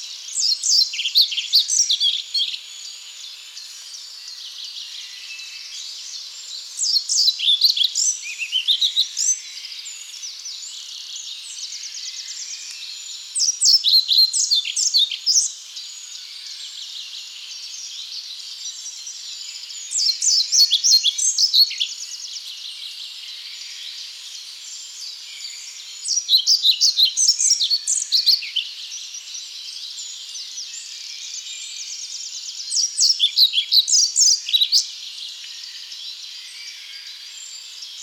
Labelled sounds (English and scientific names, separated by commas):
European Pied Flycatcher (Ficedula hypoleuca) song